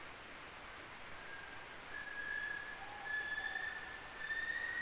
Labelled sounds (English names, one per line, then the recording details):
North Island Brown Kiwi male call
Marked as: faintness 2/5
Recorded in New Zealand on 3 December 2013
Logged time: 04:27
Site DF60